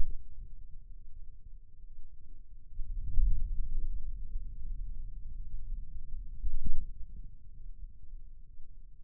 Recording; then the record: forearm muscle sounds (acoustic myography)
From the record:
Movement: wrist flexion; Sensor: system 2, bracelet of six BSWA MPA416 microphones around the upper forearm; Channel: 6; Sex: male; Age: 22 years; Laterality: right